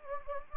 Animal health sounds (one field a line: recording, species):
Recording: mosquito wingbeat signal from an infrared sensor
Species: Anopheles gambiae